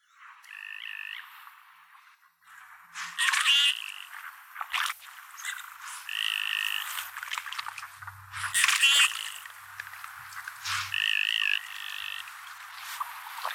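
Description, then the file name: Common goldeneye giving short nasal paired calls in brief bursts, several times throughout, with sharp clicks and rushing noise in between. "telkka"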